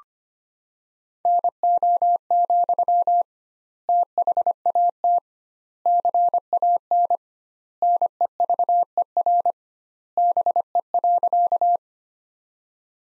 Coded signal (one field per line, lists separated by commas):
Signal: Morse code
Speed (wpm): 25 wpm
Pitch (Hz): 700 Hz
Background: none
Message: NO, THAT CAN NEVER BE.